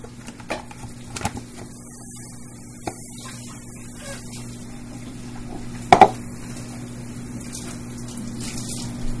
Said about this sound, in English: Okay, we need 1/3 of a cup. We probably don't even need that much. Pour that in.